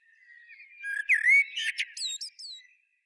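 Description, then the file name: Common blackbird giving one song phrase, a rich rising whistle that runs into a rapid, squeaky high flourish of chirps. "Turdus merula"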